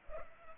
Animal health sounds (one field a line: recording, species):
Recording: mosquito wingbeat signal from an infrared sensor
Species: Culex pipiens